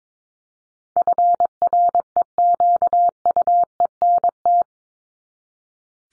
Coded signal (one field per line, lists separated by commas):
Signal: Morse code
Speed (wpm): 22 wpm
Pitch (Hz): 700 Hz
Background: none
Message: FREQUENT